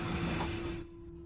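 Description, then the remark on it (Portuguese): A train rolls along the rails with a dense, steady rumble and a sustained low hum running through it, then the roar drops away abruptly, leaving quieter noise. “É, ouviu isso? O trem vai por aqui, vem com a gente.”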